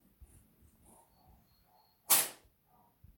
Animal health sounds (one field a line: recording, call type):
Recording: domestic cat vocalisation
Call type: spit